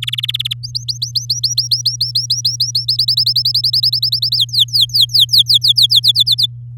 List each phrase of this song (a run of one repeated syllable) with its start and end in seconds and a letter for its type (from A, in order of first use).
0.02-0.54 A, 0.63-2.86 B, 2.88-4.37 C, 4.38-6.00 D, 6.03-6.46 E